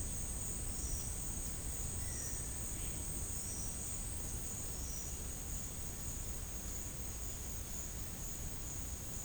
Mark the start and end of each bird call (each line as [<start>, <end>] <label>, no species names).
[0.58, 5.13] bird call